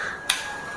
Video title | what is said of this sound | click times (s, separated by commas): Royal Enfield AVL Thunderbird 350 Headlamp upgrade (HJG H4 bulb) | right it locks in place there so that's how you fix a new bulb in | 0.3 s